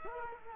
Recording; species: mosquito wingbeat signal from an infrared sensor; Culex quinquefasciatus